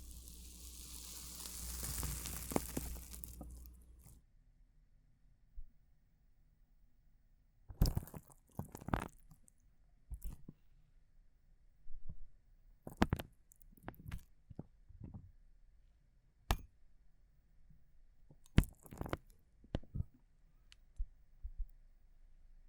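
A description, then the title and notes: Water beads are crushed in short, squishy crunching bursts, scattered irregularly after a loud hissing rush in the first four seconds. ASMR ONLY Crushing water beads sounds Visual Triggers for Relieving Stress (No Talking).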